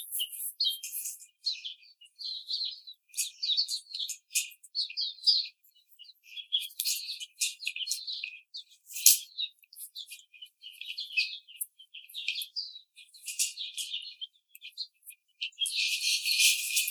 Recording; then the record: young laying hens in a cage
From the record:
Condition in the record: treatment cage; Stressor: simulated dog barking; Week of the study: 5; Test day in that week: 1